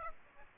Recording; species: mosquito wingbeat signal from an infrared sensor; Aedes aegypti